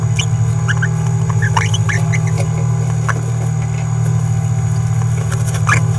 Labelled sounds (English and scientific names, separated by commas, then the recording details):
Green-rumped Parrotlet (Forpus passerinus) babbling
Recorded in a nest box in Venezuela
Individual 18B17A3